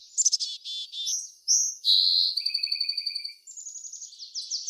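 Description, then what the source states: Loud bird song of quick chirps and clear whistles, then a long steady trill of evenly spaced notes and more rapid phrases. Birds in a backyard; ambient nature sounds.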